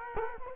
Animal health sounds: mosquito wingbeat signal from an infrared sensor; Culex quinquefasciatus

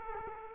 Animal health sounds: mosquito wingbeat signal from an infrared sensor; Culex quinquefasciatus

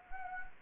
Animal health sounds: mosquito wingbeat signal from an infrared sensor; Anopheles gambiae

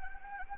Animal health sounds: mosquito wingbeat signal from an infrared sensor; Anopheles gambiae

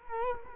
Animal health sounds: mosquito wingbeat signal from an infrared sensor; Culex quinquefasciatus

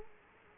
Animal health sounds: mosquito wingbeat signal from an infrared sensor; Culex quinquefasciatus

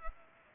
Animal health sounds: mosquito wingbeat signal from an infrared sensor; Culex pipiens

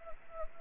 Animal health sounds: mosquito wingbeat signal from an infrared sensor; Anopheles gambiae

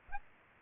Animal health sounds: mosquito wingbeat signal from an infrared sensor; Aedes aegypti

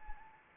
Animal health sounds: mosquito wingbeat signal from an infrared sensor; Anopheles arabiensis

